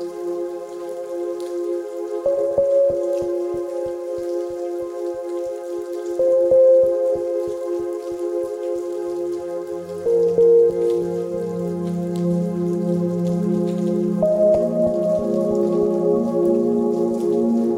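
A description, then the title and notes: Spring rain patters steadily, with soft drops ticking in quick clusters. A held, ringing tone sits beneath it throughout, gaining short bright swells near 2, 6, 10 and 14 seconds, while a lower hum rises in from about 9 seconds onward. Relaxing Spring Rain.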